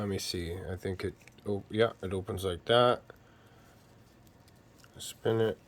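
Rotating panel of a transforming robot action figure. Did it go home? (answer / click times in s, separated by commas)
no / none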